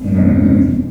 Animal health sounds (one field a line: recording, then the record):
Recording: squeal of a Yucatan mini pig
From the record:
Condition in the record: after surgery on the right vocal fold (resection and tissue-engineered implant)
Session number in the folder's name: 5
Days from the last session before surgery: 33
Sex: female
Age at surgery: 19 weeks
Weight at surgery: 25 kg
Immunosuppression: prednisolone